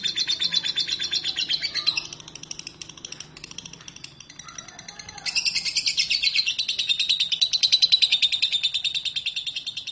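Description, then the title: Lovebird calls: fast, high-pitched chattering chirps, quieter in the middle, then a loud, dense burst of rapid chirps for the second half. "Lovebird Konslet"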